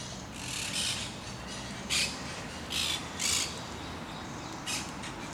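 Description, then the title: Parakeets giving scattered, harsh screeching squawks, some louder bursts spaced a second or so apart, with low background rumble. Recorded in Parc de Forest, Saint-Gilles, Belgium, with a Sony PCM-D100 using its internal microphones in wide position. "Parc de Forest, 1060 Saint-Gilles, Belgique - Parakeets - Perruches"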